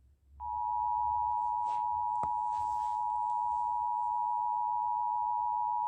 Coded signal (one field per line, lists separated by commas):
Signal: Emergency Alert System (SAME) tones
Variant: 853 and 960 Hz attention tone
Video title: (EAS #15) PDS TORNADO WARNING ON KALT FM